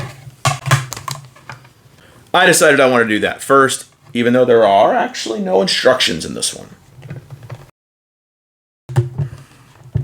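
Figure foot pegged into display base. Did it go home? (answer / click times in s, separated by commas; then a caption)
yes / 9.0 s. A plastic Ichiban Kuji Slime anime figure of Rimuru has its foot pressed onto the pegs of its plastic display base. A few light plastic taps and clicks come early on while someone talks, then after a short silence a sharp snap lands at 9.0 s. The foot seats firmly in the base with nothing broken.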